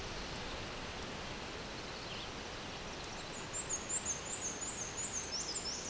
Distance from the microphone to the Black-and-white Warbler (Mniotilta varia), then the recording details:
about 20 m. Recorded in a Pennsylvania forest on 17 May 2023 at 12:04. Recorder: AudioMoth, point grid1_29_low. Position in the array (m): 52 m, 83 m